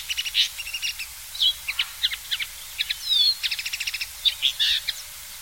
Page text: Common Linnet SongTornirisk Коноплянка Linotte. knut the bird nerd